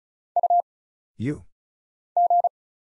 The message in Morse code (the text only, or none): U G